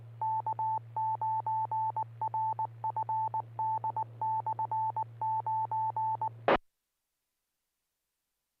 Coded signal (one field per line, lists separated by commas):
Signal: Morse code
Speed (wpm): 20 wpm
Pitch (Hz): 880 Hz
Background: none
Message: K9RFD/9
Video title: Friday Night Fun Net | Amateur Radio Worldwide Live Stream Radio | KD9MED